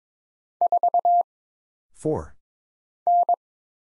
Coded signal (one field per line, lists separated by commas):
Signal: Morse code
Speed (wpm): 22 wpm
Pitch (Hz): 700 Hz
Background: none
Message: 4 N